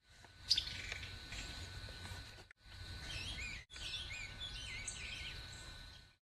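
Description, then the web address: Birds calling together, a dense mix of high chirps and twitters over a steady hum, with two brief cuts in the sound. Many birds, Bexar County, Texas, morning of 26 March 2006. "bexar Many Birds 20060326 AM"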